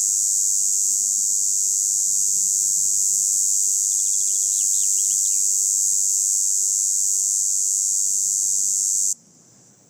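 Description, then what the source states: Red cicada song, a continuous intense high buzz lasting about nine seconds, then stopping abruptly. Recorded 27 June 2018 on a plateau at Lesches-en-Diois, France, in forest; stridulating for over a week, heralding hot summer days; Nagra Seven recorder with MKH8040 microphone on a pole.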